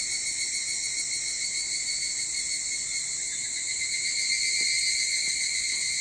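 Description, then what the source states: Evening cicada chorus, a continuous high-pitched shimmering whine with slight rises in loudness toward the end. Recorded 22 July 2023 at 04:40.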